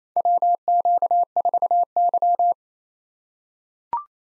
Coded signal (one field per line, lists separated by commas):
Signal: Morse code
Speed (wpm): 28 wpm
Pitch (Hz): 700 Hz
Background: none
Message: WQ4Y